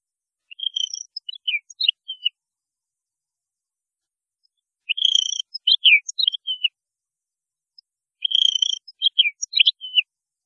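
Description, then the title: European goldfinch song in three short, liquid twittering phrases of mixed chips and slurred notes, separated by pauses of a few seconds. "Chant Chardonneret"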